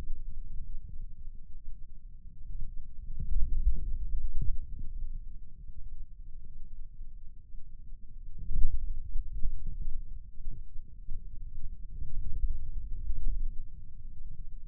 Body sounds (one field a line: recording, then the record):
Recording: forearm muscle sounds (acoustic myography)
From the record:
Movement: pen grasping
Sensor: system 2, bracelet of six BSWA MPA416 microphones around the upper forearm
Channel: 2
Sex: male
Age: 22 years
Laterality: right